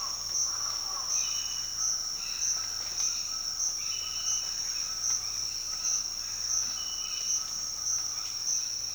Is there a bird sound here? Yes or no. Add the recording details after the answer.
yes. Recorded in dense forest near Puerto Asís, Putumayo, Colombia, on 13 March 2025 at 07:00. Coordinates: 0.481, -76.323. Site G088